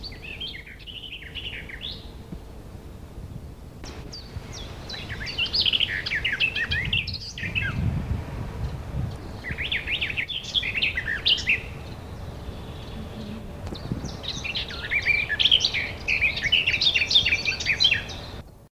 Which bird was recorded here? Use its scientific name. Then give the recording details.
Sylvia borin. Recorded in the wild. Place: Hastenbeck (Hameln), Niedersachsen, DE. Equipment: Halbspur, 9,5 cm/s. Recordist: Lütgens, Hans. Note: Gesang